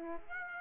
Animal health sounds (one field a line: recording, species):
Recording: mosquito wingbeat signal from an infrared sensor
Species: Aedes aegypti